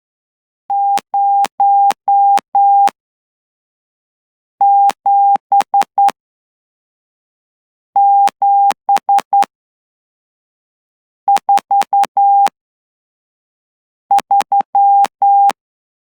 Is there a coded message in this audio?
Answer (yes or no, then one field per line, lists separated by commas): yes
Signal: Morse code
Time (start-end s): 0.7-15.5 s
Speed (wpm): 10 wpm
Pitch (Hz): 800 Hz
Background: none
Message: 07743